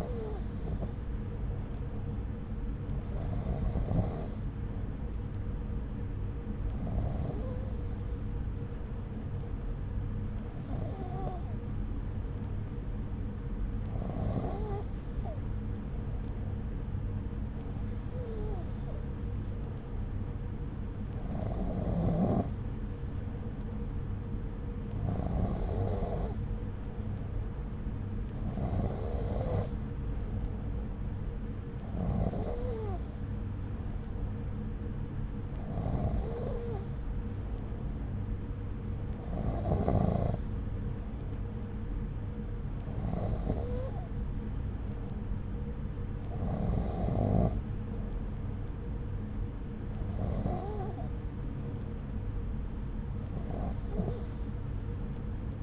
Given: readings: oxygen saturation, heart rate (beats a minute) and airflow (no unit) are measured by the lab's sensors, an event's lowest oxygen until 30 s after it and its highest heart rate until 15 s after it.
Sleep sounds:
breathing in sleep by a smartphone at the bedside; none
1.00-31.00 s: new sleep stage, N2 (light sleep)
31.00-55.63 s: new sleep stage, N3 (deep sleep)
From the record:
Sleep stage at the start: N3 (deep sleep); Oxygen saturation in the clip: 93 to 94%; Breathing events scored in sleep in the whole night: 303 in 8.1 hours asleep

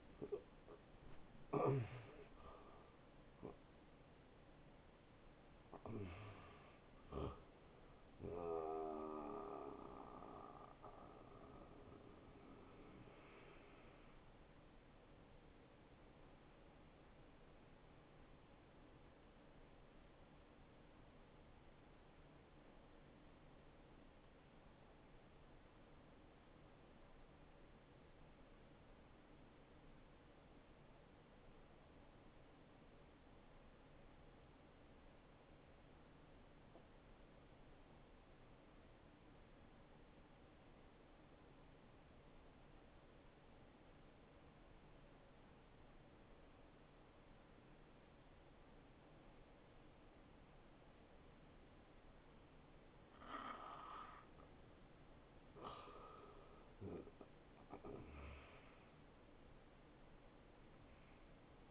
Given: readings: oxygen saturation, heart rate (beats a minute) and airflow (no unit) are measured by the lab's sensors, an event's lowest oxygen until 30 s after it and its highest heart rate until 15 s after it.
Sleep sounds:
breathing in sleep by a voice recorder at the bedside; 1
19.00-51.30 s: obstructive apnea (N1, oxygen 97% highest, then 85% lowest, heart rate 69 at the start, 74 highest)
22.00-52.00 s: new sleep stage, N2 (light sleep)
52.00-61.71 s: new sleep stage, awake
54.00-61.71 s: awake
From the record:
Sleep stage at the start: N1 (lightest sleep); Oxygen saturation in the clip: 81 to 97%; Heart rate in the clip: 52 to 81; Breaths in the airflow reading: 6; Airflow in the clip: -18.5 to 10.6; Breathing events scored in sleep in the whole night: 263 in 5.5 hours asleep

